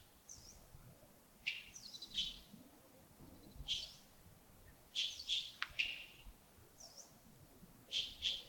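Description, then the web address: Birds giving bright high chirps in short bursts, several notes close together, then pauses, over low steady background noise. Early morning, Yagongding, 28 December 2025, around 07:40. "2025-12-28 亚公顶清晨 251228 074040 birds"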